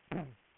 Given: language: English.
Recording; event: throat vibration sensor signal played as sound; throat clearing